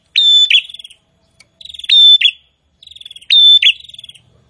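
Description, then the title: Prinia song: three loud phrases, each a buzzy trill leading into a sharp high note and a fading rattle, about a second apart. Chatty (gacor) prinia song. "Prenjak gacor"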